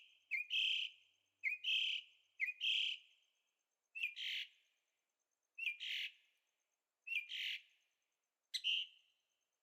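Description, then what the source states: Bird chirps: a sharp click followed by a buzzy note, repeated several times at irregular intervals over an otherwise quiet background. Birds singing at night in Carefree, Arizona; recorded with a Zoom H6 and stereo microphones.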